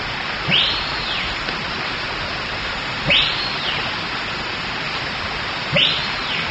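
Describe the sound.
Bird calls as clear arching whistles, sweeping up and down, three times at roughly two-and-a-half-second intervals against a constant hiss of noise.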